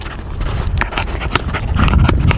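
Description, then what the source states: Dog chewing on bone, a brief run of sharp crunches and clicks, several close together, above low background rumble. Mongrel dog feeding, gnawing bones.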